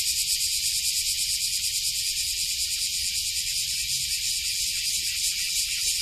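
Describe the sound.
Cicada song: a dense, steady, high-pitched electric buzz that holds without a break, with a faint low rumble underneath.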